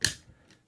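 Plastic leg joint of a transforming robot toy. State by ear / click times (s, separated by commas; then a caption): seated / 0.0 s. The second plastic leg of a Transformers Titans Return Six Shot transforming robot toy is folded in at its joint and snaps home with a sharp, bright click at 0.1 s, followed by a faint, soft tick around 0.5 s. The joint is seated; that snap has to be heard, or the parts won't peg together properly later.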